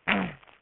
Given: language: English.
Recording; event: throat vibration sensor signal played as sound; throat clearing